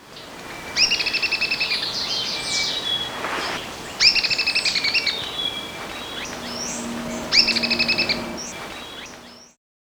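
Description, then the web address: Black-crested tit-tyrant calls, short rapid trills of stacked high notes given about every three seconds, over a steady hiss of background noise with a low hum later. Ecuador. "Birds of Ecuador 2. Black-Crested Tit-Tyrant"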